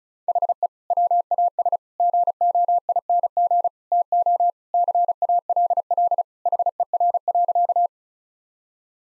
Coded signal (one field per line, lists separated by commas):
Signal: Morse code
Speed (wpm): 36 wpm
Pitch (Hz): 700 Hz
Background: none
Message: HE WAS GOING TO CALL HER.